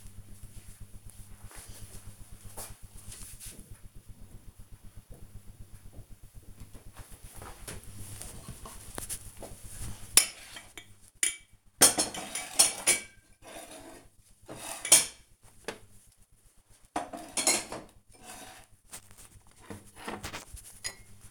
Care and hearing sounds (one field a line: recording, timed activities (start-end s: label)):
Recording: household activities, microphone on the right wrist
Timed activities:
6.42-21.31 s: putting away the dishes